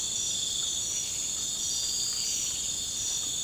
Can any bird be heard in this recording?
no